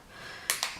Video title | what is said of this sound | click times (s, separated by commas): Katie B Cosmetics - Retractable Brush Kit | and again to put it back in you're just going to push that back in until it clicks and cover it with the cap | 0.5 s